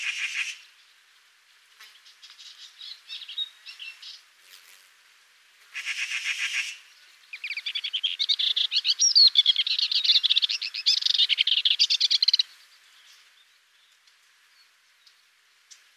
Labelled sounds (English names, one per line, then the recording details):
Sykes's Warbler song
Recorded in the wild
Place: Karakumwüste/Repetek, TM
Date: 2001-05-17
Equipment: MiniDisc Sharp MT 20 H
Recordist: Schwarz, Dieter